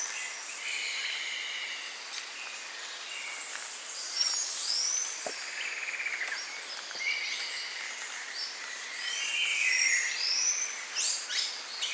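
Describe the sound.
Bird calls from many birds at once: high slurred whistles, short chirps and faint trills overlapping across the whole stretch.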